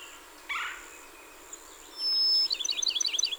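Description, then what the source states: Bachman's sparrow sings a long, even whistle and then a run of quick looping notes, after an earlier short, rough, lower sound. Recorded 30 April 2019; a series of 27 songs.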